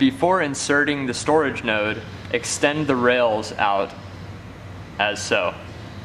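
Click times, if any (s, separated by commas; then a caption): none. Metal slide rails on a datacenter rack cabinet are pulled out toward full extension before a storage node is installed. Someone talks over a steady low hum, and no latching click is heard. The rails have not yet locked open and nothing has seated yet.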